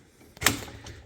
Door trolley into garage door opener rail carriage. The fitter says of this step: and then it locks into place basically okay to unlock it you'd pull your safety down but